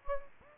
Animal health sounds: mosquito wingbeat signal from an infrared sensor; Anopheles gambiae

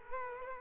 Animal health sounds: mosquito wingbeat signal from an infrared sensor; Culex quinquefasciatus

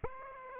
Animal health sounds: mosquito wingbeat signal from an infrared sensor; Aedes aegypti

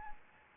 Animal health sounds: mosquito wingbeat signal from an infrared sensor; Anopheles arabiensis

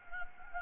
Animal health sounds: mosquito wingbeat signal from an infrared sensor; Anopheles gambiae

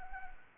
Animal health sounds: mosquito wingbeat signal from an infrared sensor; Anopheles arabiensis

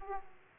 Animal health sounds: mosquito wingbeat signal from an infrared sensor; Aedes aegypti

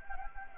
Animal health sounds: mosquito wingbeat signal from an infrared sensor; Anopheles gambiae

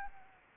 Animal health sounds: mosquito wingbeat signal from an infrared sensor; Anopheles arabiensis

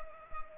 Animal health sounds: mosquito wingbeat signal from an infrared sensor; Culex pipiens

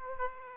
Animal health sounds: mosquito wingbeat signal from an infrared sensor; Aedes aegypti

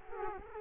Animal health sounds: mosquito wingbeat signal from an infrared sensor; Culex quinquefasciatus

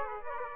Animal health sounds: mosquito wingbeat signal from an infrared sensor; Aedes aegypti

